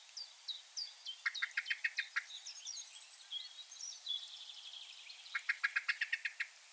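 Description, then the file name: Common blackbird giving two runs of quick, clipped clicking notes, separated by high twittering from other birds against a soft background hiss. "Turdus merula"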